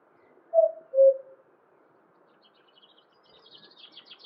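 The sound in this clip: Cuckoo delivering a single clear falling cu-coo, followed by soft high twittering from other birds over a faint background hiss.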